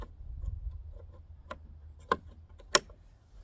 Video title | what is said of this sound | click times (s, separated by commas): Upgrade your puddle lights to LED. | You know, hear that click. That means that little tab went over the part of the housing. | 2.1 s, 2.7 s